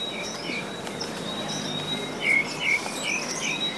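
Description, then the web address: Bird chirping in short whistled notes over a steady thin high tone, a few brighter chirps late. "os passaros"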